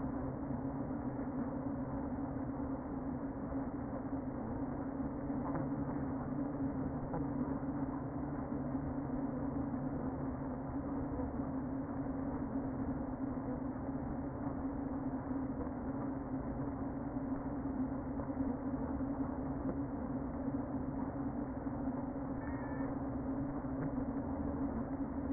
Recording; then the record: honeybee colony, microphone inside the hive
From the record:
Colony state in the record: queen present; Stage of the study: before two queens were removed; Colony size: about 60,000 bees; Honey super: yes